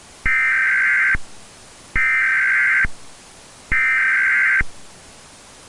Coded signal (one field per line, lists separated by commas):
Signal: Emergency Alert System (SAME) tones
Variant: header bursts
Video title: ARIZONA EAS